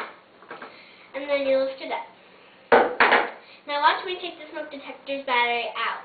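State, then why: Released. A plastic mobile smoke detector is flipped over and its housing is twisted to the right on its base to open it for a battery change, giving a small click at 0.4, 0.5 and 0.6 s. The housing is then released and lifted off its base while someone talks, with a louder sharp sound at about 3.0 s.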